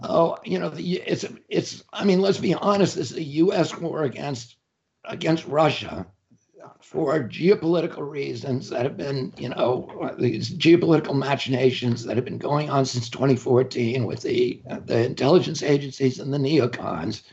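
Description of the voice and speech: Adult male speaker talking in an interview, with a strained, effortful, rough voice and breaks in phonation caused by spasmodic dysphonia.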